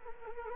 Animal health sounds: mosquito wingbeat signal from an infrared sensor; Anopheles arabiensis

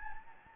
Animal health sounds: mosquito wingbeat signal from an infrared sensor; Anopheles gambiae

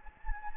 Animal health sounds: mosquito wingbeat signal from an infrared sensor; Anopheles gambiae

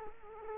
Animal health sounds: mosquito wingbeat signal from an infrared sensor; Culex quinquefasciatus

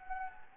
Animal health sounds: mosquito wingbeat signal from an infrared sensor; Anopheles gambiae

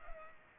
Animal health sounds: mosquito wingbeat signal from an infrared sensor; Culex pipiens

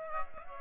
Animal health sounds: mosquito wingbeat signal from an infrared sensor; Aedes aegypti

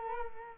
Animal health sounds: mosquito wingbeat signal from an infrared sensor; Culex quinquefasciatus

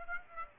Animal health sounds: mosquito wingbeat signal from an infrared sensor; Aedes aegypti

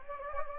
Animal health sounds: mosquito wingbeat signal from an infrared sensor; Anopheles gambiae

